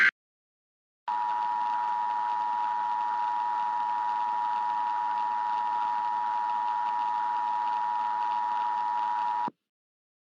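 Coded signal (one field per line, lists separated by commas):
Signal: Emergency Alert System (SAME) tones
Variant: 853 and 960 Hz attention tone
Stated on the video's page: Fictional EAS scenario alert about a hot Jupiter approaching Earth.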